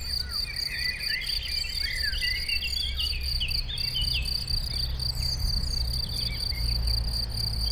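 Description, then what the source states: Crickets trill without pause in a bright, rapidly pulsed chorus; scattered bird chirps and a low traffic drone sit beneath. Chorus of crickets in a sunny west-facing sloping meadow at Chindrieux, France, with birds singing in surrounding trees and traffic noise from the nearby road.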